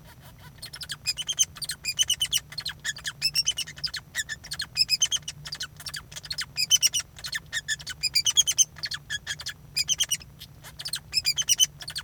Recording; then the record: song of a male Bengalese finch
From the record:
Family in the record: son of father 2